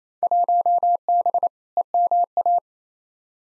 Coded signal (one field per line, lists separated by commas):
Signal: Morse code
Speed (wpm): 28 wpm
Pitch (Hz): 700 Hz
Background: none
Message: 1B EMA